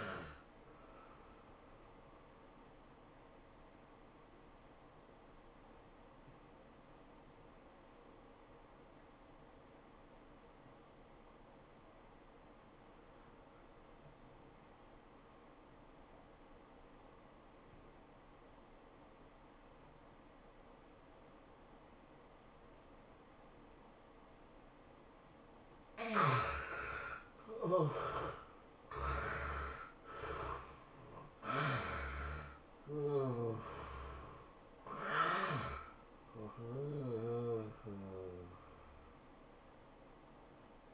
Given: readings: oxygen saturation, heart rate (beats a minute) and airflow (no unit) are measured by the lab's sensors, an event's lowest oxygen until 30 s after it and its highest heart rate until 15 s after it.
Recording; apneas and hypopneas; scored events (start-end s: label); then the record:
breathing in sleep by a voice recorder at the bedside; 1
6.00-29.00 s: obstructive apnea (N1, oxygen 97% highest, then 73% lowest, heart rate 94 at the start, 108 highest)
From the record:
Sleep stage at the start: N1 (lightest sleep); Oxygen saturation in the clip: 74 to 97%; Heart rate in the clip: 85 to 111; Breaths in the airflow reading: 5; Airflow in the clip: -17.4 to 13.0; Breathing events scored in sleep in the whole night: 403 in 5.5 hours asleep